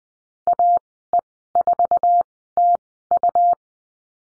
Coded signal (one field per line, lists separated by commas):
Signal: Morse code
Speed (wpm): 20 wpm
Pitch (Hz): 700 Hz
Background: none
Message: AE4TU